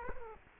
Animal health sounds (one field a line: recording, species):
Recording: mosquito wingbeat signal from an infrared sensor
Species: Culex quinquefasciatus